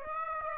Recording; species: mosquito wingbeat signal from an infrared sensor; Aedes aegypti